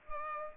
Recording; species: mosquito wingbeat signal from an infrared sensor; Culex pipiens